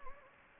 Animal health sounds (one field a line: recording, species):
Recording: mosquito wingbeat signal from an infrared sensor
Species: Anopheles gambiae